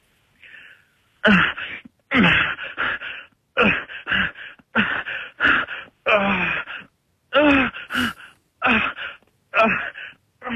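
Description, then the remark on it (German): A woman's voice performs, as she would at the microphone for a hardcore scene, a rapid series of staged sexual moans and sharp gasps, loud bursts in a steady rhythm with short breathy pauses, some rising in pitch, with no spoken words. “ich mache einfach mal so, wie ich das dann vom Mikro machen würde, ja, genau, wenn es einfach mal hart hergeht”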